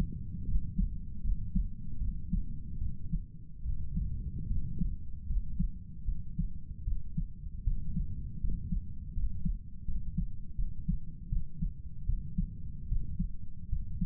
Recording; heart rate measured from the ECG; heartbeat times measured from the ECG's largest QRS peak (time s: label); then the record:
heart sounds by stethoscope; 77 bpm
0.45 s: heartbeat
1.22 s: heartbeat
1.98 s: heartbeat
2.78 s: heartbeat
3.63 s: heartbeat
4.48 s: heartbeat
5.27 s: heartbeat
6.05 s: heartbeat
6.84 s: heartbeat
7.64 s: heartbeat
8.40 s: heartbeat
9.13 s: heartbeat
9.85 s: heartbeat
10.55 s: heartbeat
11.29 s: heartbeat
12.06 s: heartbeat
12.88 s: heartbeat
13.69 s: heartbeat
From the record:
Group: healthy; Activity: rest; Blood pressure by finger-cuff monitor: 112/66 mmHg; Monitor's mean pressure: 80 mmHg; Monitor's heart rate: 76 bpm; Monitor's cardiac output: 7.4 L/min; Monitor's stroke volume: 95 mL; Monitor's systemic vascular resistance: 790 dyn s/cm5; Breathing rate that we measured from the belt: 14 breaths a minute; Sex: male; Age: 35 years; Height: 180 cm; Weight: 86.9 kg